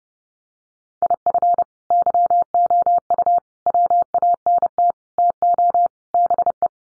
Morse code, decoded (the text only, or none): IF YOU WANT TO BE